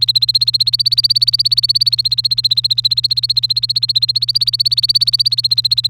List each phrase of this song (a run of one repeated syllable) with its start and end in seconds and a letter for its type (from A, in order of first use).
0.00-5.89 A